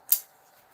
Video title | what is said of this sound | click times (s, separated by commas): Josh's Ozark Adventures is live! | it locks in place. | 0.1 s